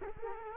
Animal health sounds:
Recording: mosquito wingbeat signal from an infrared sensor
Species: Culex quinquefasciatus

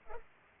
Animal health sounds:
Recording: mosquito wingbeat signal from an infrared sensor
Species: Culex pipiens

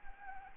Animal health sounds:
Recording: mosquito wingbeat signal from an infrared sensor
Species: Anopheles gambiae

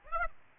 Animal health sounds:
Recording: mosquito wingbeat signal from an infrared sensor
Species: Aedes aegypti

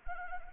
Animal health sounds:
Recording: mosquito wingbeat signal from an infrared sensor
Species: Anopheles arabiensis

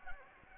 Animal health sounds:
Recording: mosquito wingbeat signal from an infrared sensor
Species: Anopheles gambiae

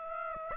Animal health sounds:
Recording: mosquito wingbeat signal from an infrared sensor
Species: Aedes aegypti

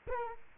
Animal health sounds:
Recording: mosquito wingbeat signal from an infrared sensor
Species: Culex quinquefasciatus

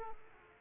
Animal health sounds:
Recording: mosquito wingbeat signal from an infrared sensor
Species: Aedes aegypti

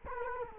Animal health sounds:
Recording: mosquito wingbeat signal from an infrared sensor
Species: Culex quinquefasciatus

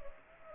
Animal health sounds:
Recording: mosquito wingbeat signal from an infrared sensor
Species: Anopheles arabiensis

